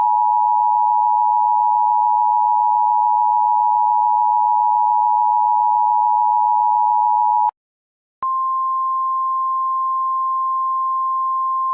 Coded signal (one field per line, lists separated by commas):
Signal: Emergency Alert System (SAME) tones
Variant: 853 and 960 Hz attention tone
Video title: EAS Classic: Chuck Norris Alert